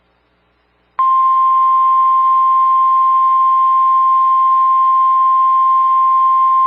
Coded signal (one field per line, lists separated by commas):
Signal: Emergency Alert System (SAME) tones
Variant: 1050 Hz attention tone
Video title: How the Tables Turned S1 E1 - EAS alerts from the first half of March - WXJ71 NWR - 80 sub special